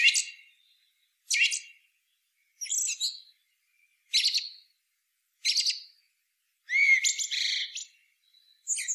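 Common blackbird giving sharp, high chattering bursts separated by short silences, with a brief clear rising whistle near the end.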